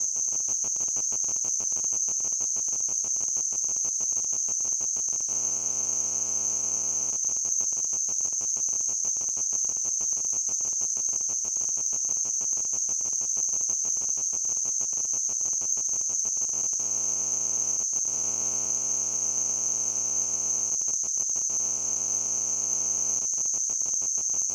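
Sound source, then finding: Device-generated tinnitus simulation. Tinnitus simulation.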